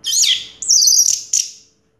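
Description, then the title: Orange-headed thrush giving a brief, very high warbled phrase, then a drawn-out shrill whistle, two sharp clicks and a short fading high note. Song used to prompt a silent, non-singing orange-headed thrush into singing. "Anis Merah Macet.. Pancing Dengan Suara Ini.. # Anis Merah"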